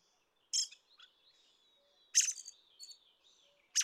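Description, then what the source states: Red-throated Thrush giving loud, harsh high notes followed by softer twittering, in two phrases and the start of a third; a faint thin tone lingers between them. Recorded 25 May 2013 at Ider gol, Mongolia.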